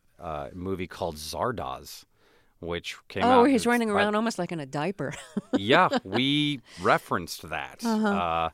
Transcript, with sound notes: movie called "Zardoz" which came out...
Oh, where he's running around almost like in a diaper (laughter).
Yeah, we referenced that.